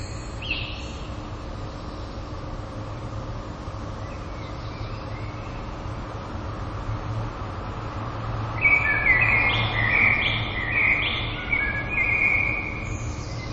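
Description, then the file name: Common blackbird song, a brief high squeak early on, then a mellow warbled phrase with wavering notes and a squeaky tail, over constant low rumble and hiss. "merles"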